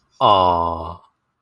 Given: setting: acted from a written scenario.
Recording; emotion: vocal sound without words; adoration